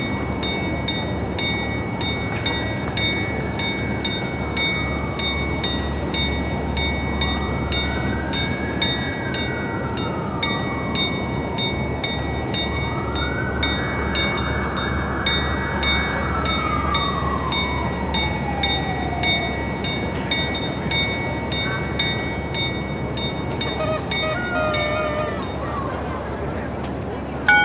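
A city scene in Prague, heard from on or beside a rail vehicle: a steady low rumble runs throughout with regular rapid clicking. Motor whines rise and fall several times between about 7 and 19 seconds, and faint voices sit in the background.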